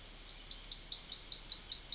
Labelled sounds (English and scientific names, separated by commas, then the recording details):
Yellowhammer (Emberiza citrinella) song
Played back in forest
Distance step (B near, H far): C
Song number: 056